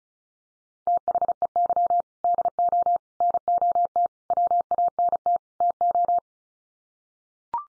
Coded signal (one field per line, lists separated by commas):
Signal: Morse code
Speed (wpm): 34 wpm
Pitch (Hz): 700 Hz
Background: none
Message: THEY DO NOT WANT TO